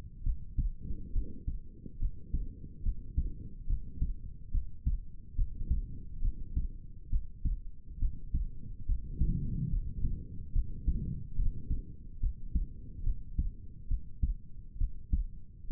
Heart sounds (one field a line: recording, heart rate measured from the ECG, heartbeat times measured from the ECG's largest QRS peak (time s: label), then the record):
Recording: heart sounds by stethoscope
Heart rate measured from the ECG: 70 bpm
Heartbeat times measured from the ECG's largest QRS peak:
0.23 s: heartbeat
1.13 s: heartbeat
1.99 s: heartbeat
2.83 s: heartbeat
3.67 s: heartbeat
4.51 s: heartbeat
5.35 s: heartbeat
6.21 s: heartbeat
7.10 s: heartbeat
7.99 s: heartbeat
8.86 s: heartbeat
9.69 s: heartbeat
10.52 s: heartbeat
11.35 s: heartbeat
12.20 s: heartbeat
13.03 s: heartbeat
13.88 s: heartbeat
14.77 s: heartbeat
15.67 s: heartbeat
From the record:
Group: healthy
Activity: cold pressor test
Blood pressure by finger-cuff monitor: 87/67 mmHg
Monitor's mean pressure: 73 mmHg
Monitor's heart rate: 70 bpm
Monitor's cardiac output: 4.8 L/min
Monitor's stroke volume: 70 mL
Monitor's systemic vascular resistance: 1100 dyn s/cm5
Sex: male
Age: 20 years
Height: 187 cm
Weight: 68.9 kg